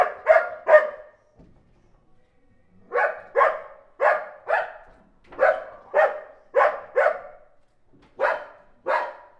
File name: Dog Bark Approaching Cachorro Latindo E Aproximando